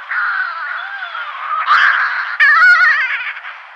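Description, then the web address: Yelkouan shearwater calls: a hoarse, moaning wail followed by a rough, gargling cackle in a continuous stream of raw sound. "Schulze Peter Yelkouan Shearwater"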